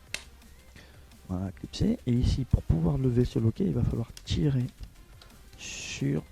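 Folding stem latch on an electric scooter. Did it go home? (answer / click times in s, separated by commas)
yes / 0.1 s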